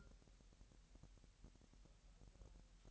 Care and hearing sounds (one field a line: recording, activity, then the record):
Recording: daily activity, microphone in the room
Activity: take from stove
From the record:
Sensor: 3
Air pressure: 1002.0 hPa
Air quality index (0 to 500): 245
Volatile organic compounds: 48 ppm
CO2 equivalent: 3263 ppm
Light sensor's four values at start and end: 6/15/6/6 and 6/15/6/6